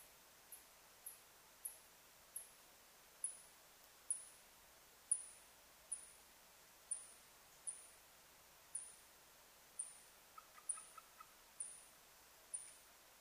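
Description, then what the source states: Birdlike noctule calls: a series of short, high, downward-sweeping chirps, about one per second, over faint hiss. On 21 July 2009.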